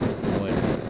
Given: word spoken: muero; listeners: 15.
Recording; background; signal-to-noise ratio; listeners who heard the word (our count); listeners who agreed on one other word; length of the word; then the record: one Spanish word in noise, from a listening test; noise modulated by three-talker babble; -6.9 dB; 0 of 15; 9 of 15; 0.49 s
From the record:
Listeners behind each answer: 9, 2, 1, 1, 1, 1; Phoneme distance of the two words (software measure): 17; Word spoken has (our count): 2 syllables, 5 phonemes, stress on syllable 1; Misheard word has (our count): 2 syllables, 6 phonemes, stress on syllable 1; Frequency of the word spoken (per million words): 4.34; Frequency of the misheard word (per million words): 277.53